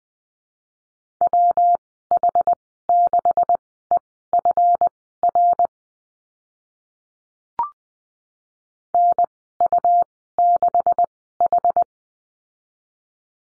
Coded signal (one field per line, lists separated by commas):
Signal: Morse code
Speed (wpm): 20 wpm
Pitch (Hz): 700 Hz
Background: none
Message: WH6EFR NU6H